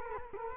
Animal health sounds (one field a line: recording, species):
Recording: mosquito wingbeat signal from an infrared sensor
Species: Culex quinquefasciatus